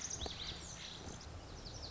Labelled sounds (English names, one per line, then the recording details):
Lazuli Bunting
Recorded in Sonoma County, California